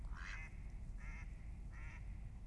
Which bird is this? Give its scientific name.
Anas platyrhynchos